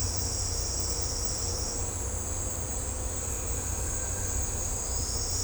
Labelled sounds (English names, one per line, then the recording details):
none
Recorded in secondary vegetation near Puerto Asís, Putumayo, Colombia, on 18 December 2024 at 17:00
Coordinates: 0.502, -76.326
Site G028